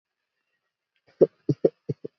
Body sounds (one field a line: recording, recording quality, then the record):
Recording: shallow voluntary cough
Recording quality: poor, much background noise or distortion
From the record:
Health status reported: recovered from COVID-19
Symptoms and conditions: cold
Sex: female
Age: 25 years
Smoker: not ticked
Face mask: worn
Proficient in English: yes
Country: India